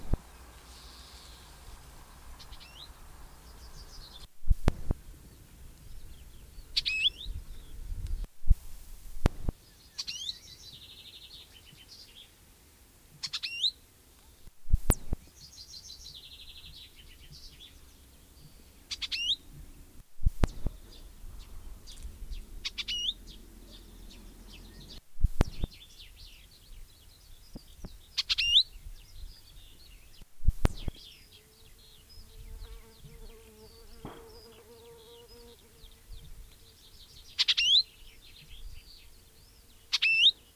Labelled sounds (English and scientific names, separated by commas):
Icterine Warbler (Hippolais icterina)